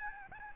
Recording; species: mosquito wingbeat signal from an infrared sensor; Aedes albopictus